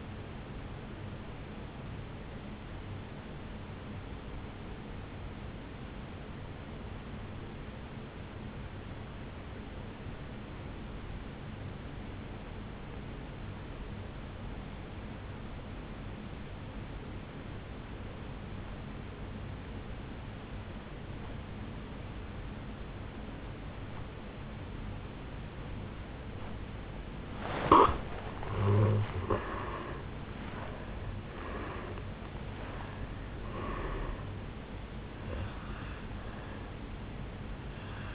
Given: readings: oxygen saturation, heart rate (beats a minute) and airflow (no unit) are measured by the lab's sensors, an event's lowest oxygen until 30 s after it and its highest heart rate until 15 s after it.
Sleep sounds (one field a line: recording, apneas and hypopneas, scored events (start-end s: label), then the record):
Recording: breathing in sleep by a voice recorder at the bedside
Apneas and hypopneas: 1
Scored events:
6.00-27.70 s: obstructive apnea (N1, oxygen 97% highest, then 80% lowest, heart rate 57 at the start, 75 highest)
From the record:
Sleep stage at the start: N1 (lightest sleep)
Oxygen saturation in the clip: 83 to 97%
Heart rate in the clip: 54 to 75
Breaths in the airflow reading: 4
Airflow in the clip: -11.9 to 7.5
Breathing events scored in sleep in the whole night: 449 in 7.0 hours asleep